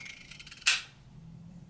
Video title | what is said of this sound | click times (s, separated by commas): Schrade SCHOTF7 - A very slick simple piece | back till you hear the click once again you'll always want to have the safety on | 0.7 s